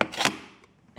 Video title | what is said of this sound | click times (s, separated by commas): Magnetic Key Box - Spare Key Holder - Key Hider | and you can see how it just snaps in place now the underside of this with the magnet that's | 0.0 s